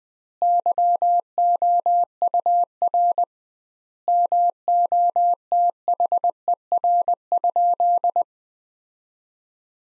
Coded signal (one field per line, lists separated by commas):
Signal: Morse code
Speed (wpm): 20 wpm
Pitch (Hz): 700 Hz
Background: none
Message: YOUR MOTHER?